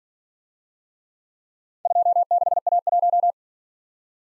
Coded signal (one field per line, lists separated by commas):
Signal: Morse code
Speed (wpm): 47 wpm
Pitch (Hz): 700 Hz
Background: none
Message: 26A1